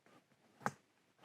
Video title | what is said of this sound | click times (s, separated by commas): BMW REMOTE START RETROFIT FROM BIMMERTECH - F & G SERIES | until they click | 0.7 s